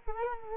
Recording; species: mosquito wingbeat signal from an infrared sensor; Culex quinquefasciatus